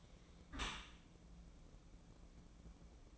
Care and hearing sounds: daily activity, microphone in the room; close dishwasher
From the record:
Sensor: 1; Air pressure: 1012.4 hPa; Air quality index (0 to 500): 173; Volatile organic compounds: 3 ppm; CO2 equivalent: 1415 ppm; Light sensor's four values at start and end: 349/796/354/389 and 352/802/356/392

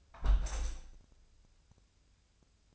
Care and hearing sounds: daily activity, microphone in the room; close window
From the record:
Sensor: 2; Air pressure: 1014.7 hPa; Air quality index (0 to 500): 75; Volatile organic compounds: 2 ppm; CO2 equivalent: 983 ppm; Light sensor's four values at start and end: 8/19/8/8 and 8/19/8/8

